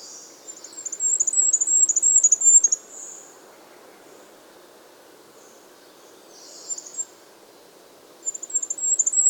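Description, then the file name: Goldcrest song: a high-pitched, thin cycling phrase at the start, a brief faint burst in the middle, then another rapid, high song phrase beginning near the end. "Regolo"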